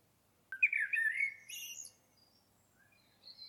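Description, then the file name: Common blackbird singing one phrase: a mellow fluted warble, then a thin, squeaky high twitter, and a faint high note near the end. "Turdus merula"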